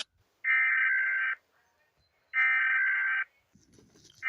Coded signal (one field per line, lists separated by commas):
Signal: Emergency Alert System (SAME) tones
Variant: header bursts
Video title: ⚠️Rating eas alarm part 3⚠️